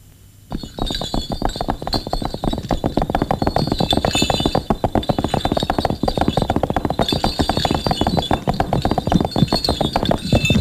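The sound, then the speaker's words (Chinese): A horse-drawn carriage rolls along with a steady, rapid clatter of hooves and rattling, jingling harness, starting abruptly and staying loud and continuous to the end, with no voices, as the carriage travels into a mountain valley. “马车行至山谷，突遭埋伏，周世航被击毙，他的手下也被宋副官干掉。”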